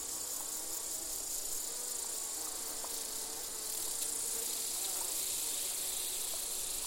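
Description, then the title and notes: Insect chorus: bright steady high hiss of crickets and grasshoppers, a soft bee hum wavering beneath, and occasional short clicks. Bees, grasshoppers and crickets in a gentle summer chorus, recorded in an open meadow near the Col de Châtillon at 1680 metres altitude. "featuring bees, grasshoppers and crickets, was recorded in an open meadow near the Col de Châtillon"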